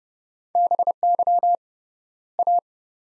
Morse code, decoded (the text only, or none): BY A